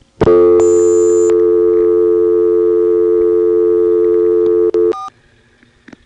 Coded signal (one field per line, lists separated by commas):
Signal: telephone call progress tone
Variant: North America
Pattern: dial tone